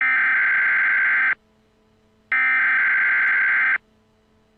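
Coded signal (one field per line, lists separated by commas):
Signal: Emergency Alert System (SAME) tones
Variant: header bursts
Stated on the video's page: Simulated EAS alert produced with a PC EAS simulator program.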